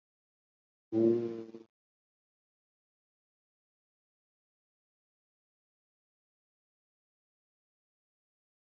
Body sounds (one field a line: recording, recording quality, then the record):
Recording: sustained vowel as in boot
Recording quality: excellent, no background noise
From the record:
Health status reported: COVID-19 positive, mild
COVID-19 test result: positive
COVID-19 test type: RT-PCR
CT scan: not taken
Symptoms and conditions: cough, cold, fever, hypertension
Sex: male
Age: 65 years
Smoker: no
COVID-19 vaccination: both doses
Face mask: worn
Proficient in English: no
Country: India